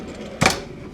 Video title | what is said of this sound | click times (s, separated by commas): 一人使い特化軽キャンピングカーに換気扇越えのレンジフード設置【中古100万円の軽自動車DIY】 | यह पूरी तरह से विस्तारित स्थिति में भी अपनी जगह पर लॉक रहेगा। | 0.5 s